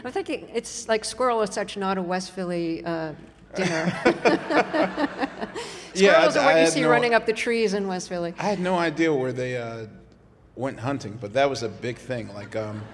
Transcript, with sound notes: I'm thinking it's - like, squirrel is such not a West Philly dinner.
(LAUGHTER)
Yeah, I had no...
Squirrels are what you see running up the trees in West Philly.
I had no idea where they went hunting, but that was a big thing,